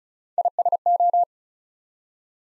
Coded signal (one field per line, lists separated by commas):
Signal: Morse code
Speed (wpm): 36 wpm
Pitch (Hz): 700 Hz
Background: none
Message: ISO